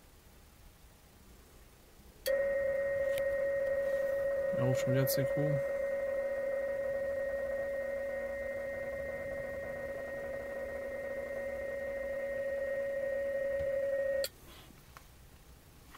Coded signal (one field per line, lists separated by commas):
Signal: PSK31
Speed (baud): 31.25 baud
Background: speech